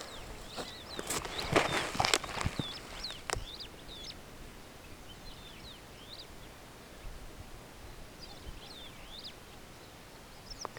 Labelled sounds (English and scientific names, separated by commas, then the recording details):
Superb Starling (Lamprotornis superbus) flight call
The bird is a female
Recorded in Kenya on 18 June 2010
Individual 89, of group SRB1